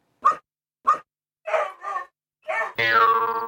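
A dog yaps twice in quick, sharp bursts, then gives a few fuller barks, ending in a longer, loud, tonal yelp that trails off. No one speaks.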